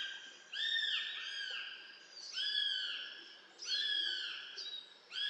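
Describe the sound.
Eurasian goshawk wailing calls: harsh, drawn-out notes that rise and fall in pitch, given in a string of several over five seconds, some run together.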